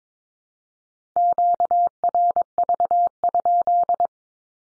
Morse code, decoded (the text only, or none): QRV?